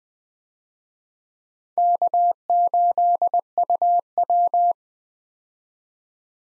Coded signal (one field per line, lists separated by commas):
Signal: Morse code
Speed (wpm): 20 wpm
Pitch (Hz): 700 Hz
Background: none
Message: K8UW